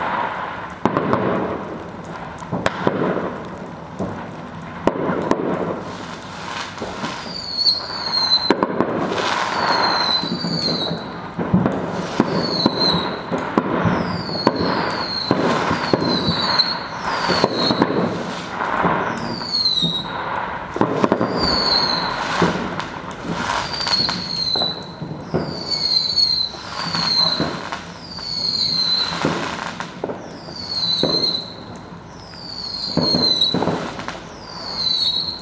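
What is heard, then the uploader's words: Fireworks go off without pause, a dense run of sharp bangs and crackles layered over a continuous rumble. Rising whistles shriek upward every second or two from about seven seconds on. Some bursts are loud, others softer. Something different today as I present a soundscape from Saturday evening, when the sky was filled with the light and smoke from a thousand fireworks.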